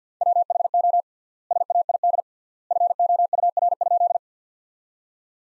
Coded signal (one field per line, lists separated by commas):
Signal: Morse code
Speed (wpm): 50 wpm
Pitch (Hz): 700 Hz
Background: none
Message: WHO SAID FOUR?